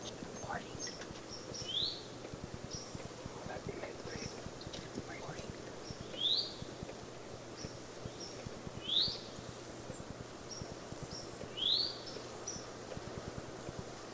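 Eastern towhee calling: a rising, upslurred note repeated several times over a steady background hiss, with faint high chips.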